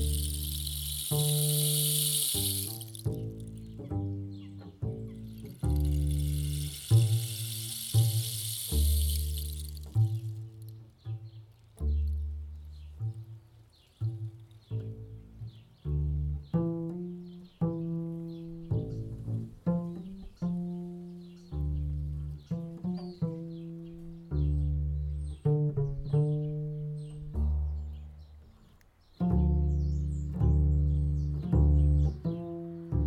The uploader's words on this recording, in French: Beaucoup d'oiseaux voltigent dans les arbres. Le vent fait bouger les arbres et les plantes du jardin. Sido a des percussions. Je joue de la contrebasse. Les hirondelles font écho à nos sons qui se répondent entre pose d'archet ou pizzicato, lame de métal ou lame de bois.